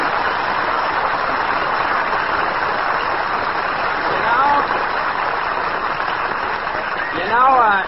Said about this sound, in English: You say, well, if it isn't Jimmy Stewart, and everybody in the Brown Derby applauds.